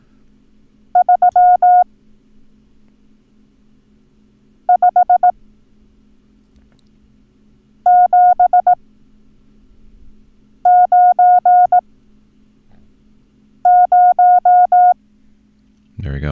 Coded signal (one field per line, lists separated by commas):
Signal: Morse code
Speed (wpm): 18 wpm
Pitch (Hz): 720 Hz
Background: none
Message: 3 5 7 9 0